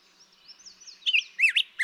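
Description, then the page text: Black-headed grosbeak singing, a soft thin opening followed by a few loud, quick, slurred whistled notes. Daytime singing; May 17, 2016, Mt. Graham, Arizona. "Birdsong for the Curious Naturalist. Black-headed grosbeak. Daytime singing, example 2. May 17, 2016. Mt. Graham, Arizona"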